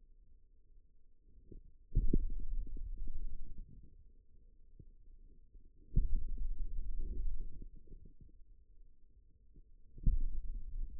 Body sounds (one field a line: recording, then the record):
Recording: forearm muscle sounds (acoustic myography)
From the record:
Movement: finger pinch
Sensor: system 2, bracelet of six BSWA MPA416 microphones around the upper forearm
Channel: 1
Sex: male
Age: 22 years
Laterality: right